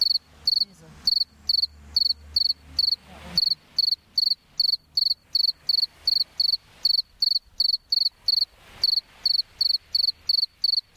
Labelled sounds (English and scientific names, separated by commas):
Two-spotted Cricket (Gryllus bimaculatus) stridulation